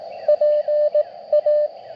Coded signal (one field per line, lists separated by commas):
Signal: Morse code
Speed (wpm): 19 wpm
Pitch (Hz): 590 Hz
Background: radio noise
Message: PA